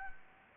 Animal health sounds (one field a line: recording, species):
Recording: mosquito wingbeat signal from an infrared sensor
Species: Anopheles gambiae